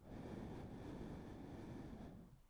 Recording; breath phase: one breath near a microphone; exhalation